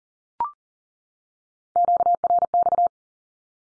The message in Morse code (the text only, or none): QRX